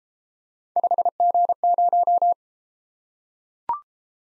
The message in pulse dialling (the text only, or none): none